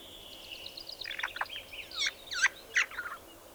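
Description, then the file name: Spotted nutcracker song, a fast chattering medley of short whistles, clicks and scratchy notes that grows louder toward the end. "Tannenhäher Gesang"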